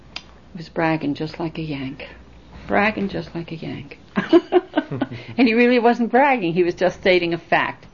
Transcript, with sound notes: "He was bragging just like a Yank, bragging just like a Yank." ( they laugh ) And he really wasn't bragging. He was just stating a fact.